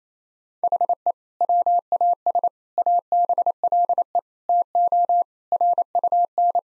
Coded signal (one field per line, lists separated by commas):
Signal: Morse code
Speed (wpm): 28 wpm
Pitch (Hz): 700 Hz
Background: none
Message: HE WAS ABLE TO RUN